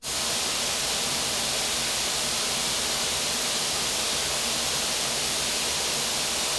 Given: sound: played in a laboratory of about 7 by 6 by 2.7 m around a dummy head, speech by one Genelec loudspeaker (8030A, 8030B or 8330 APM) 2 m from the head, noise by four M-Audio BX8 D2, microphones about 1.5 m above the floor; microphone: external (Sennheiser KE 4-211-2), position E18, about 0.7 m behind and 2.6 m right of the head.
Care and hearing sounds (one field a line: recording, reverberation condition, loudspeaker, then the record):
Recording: white noise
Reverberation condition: high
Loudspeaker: four, about 170 cm from the corners of the room and facing them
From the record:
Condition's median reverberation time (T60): about 1300 ms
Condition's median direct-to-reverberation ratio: about -4.0 dB